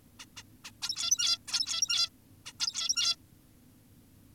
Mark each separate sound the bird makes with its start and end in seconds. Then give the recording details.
0.20-0.26, 0.37-0.43, 0.65-0.71, 0.82-1.38, 1.48-2.10, 2.46-2.53, 2.60-3.16. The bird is an adult. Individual g17y2U